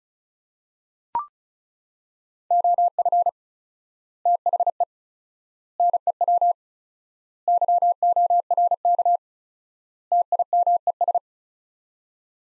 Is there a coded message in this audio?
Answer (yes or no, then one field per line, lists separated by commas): yes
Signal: Morse code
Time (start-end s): 2.5-11.2 s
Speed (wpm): 36 wpm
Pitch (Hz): 700 Hz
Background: none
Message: OF THE NEW YORK TIMES